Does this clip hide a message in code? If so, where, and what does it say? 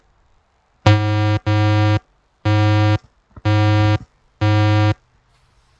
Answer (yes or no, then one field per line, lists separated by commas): no